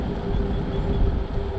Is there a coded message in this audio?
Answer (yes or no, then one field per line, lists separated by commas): no